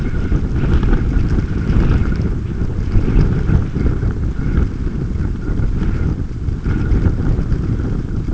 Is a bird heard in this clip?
no